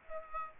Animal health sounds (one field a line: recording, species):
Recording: mosquito wingbeat signal from an infrared sensor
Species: Aedes aegypti